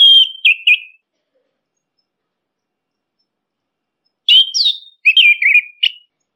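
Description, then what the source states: Orange-headed thrush giving two phrases of sweet, wavering whistled notes, the second longer and more varied, separated by a three-second silence. Training (masteran) recording used to teach songbirds, labelled Anis Kembang, also called punglor kembang.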